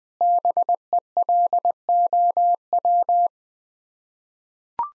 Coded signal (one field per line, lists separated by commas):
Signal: Morse code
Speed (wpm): 21 wpm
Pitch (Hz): 700 Hz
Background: none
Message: BELOW